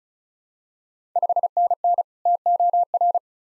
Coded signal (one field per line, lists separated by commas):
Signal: Morse code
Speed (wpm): 36 wpm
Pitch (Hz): 700 Hz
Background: none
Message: 5NN TOR